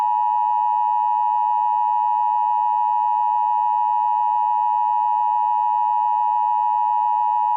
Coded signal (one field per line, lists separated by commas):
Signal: Emergency Alert System (SAME) tones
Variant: 853 and 960 Hz attention tone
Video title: Special Marine warning for Miami city | EAS scenario